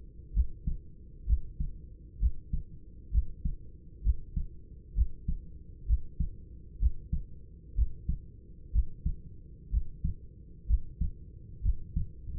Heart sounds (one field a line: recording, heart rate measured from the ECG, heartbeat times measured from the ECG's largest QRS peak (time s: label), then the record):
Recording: heart sounds by stethoscope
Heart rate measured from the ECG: 64 bpm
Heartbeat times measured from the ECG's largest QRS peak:
0.32 s: heartbeat
1.25 s: heartbeat
2.18 s: heartbeat
3.10 s: heartbeat
4.02 s: heartbeat
4.94 s: heartbeat
5.85 s: heartbeat
6.78 s: heartbeat
7.74 s: heartbeat
8.71 s: heartbeat
9.69 s: heartbeat
10.66 s: heartbeat
11.61 s: heartbeat
From the record:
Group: healthy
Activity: Valsalva maneuver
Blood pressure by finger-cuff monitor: 146/80 mmHg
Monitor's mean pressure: 95 mmHg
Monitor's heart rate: 64 bpm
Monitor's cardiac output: 5 L/min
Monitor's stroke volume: 81 mL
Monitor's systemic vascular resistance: 1350 dyn s/cm5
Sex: male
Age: 25 years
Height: 170 cm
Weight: 70.4 kg